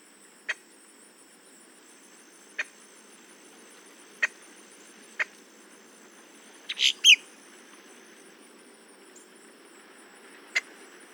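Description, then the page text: Boat-tailed grackle calls: sharp clipped notes at irregular intervals, with a short pair of louder squeaky notes in the middle. "Paul Marvin - Лодкохвостый гракл (Quiscalus major)"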